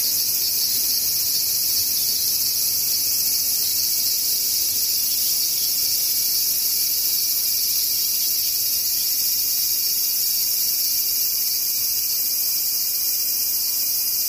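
Cicadas drone in a steady, dense high-pitched buzz with bright shrill bands, unchanging in level for the whole fourteen seconds.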